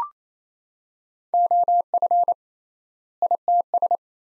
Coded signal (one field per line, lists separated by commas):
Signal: Morse code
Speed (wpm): 28 wpm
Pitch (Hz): 700 Hz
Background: none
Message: OF ITS